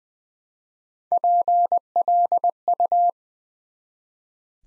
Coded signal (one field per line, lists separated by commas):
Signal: Morse code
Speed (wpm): 20 wpm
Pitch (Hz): 700 Hz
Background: none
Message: PLU